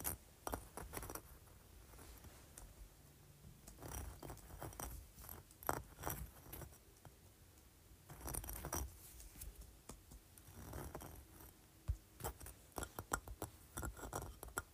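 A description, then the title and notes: A large textured sea shell being handled, its ridged surface scraped and rubbed in short, uneven bursts. Dry, bright scratching strokes come every second or so, with denser clusters around 4, 8 and 11 seconds, and brief clicks at about 5.5 and 12 seconds. ASMR Large Textured Sea Shell.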